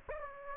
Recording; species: mosquito wingbeat signal from an infrared sensor; Anopheles gambiae